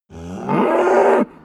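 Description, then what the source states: Cow giving one short, loud moo lasting about a second, starting low and rising into a fuller, harsher tone before stopping abruptly. A single short moo.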